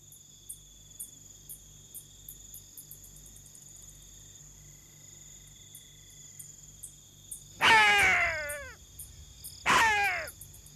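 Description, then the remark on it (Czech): Bats swooping low over the heads of spotted hyenas give quick, high metallic chirps in a steady ticking series over a faint insect drone, broken near the end by two loud, harsh yelping cries. “Tenhle kovově cvrčivý zvuk jsou netopíři.”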